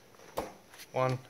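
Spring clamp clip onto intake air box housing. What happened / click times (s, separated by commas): The spring clamp clip snapped into place / 0.4 s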